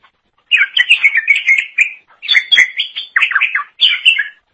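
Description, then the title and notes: Leafbird song: rich, varied warbling phrases of whistles and chattering notes, in a few bursts separated by short pauses. "Suara Kicauan Burung Cucak Ijo"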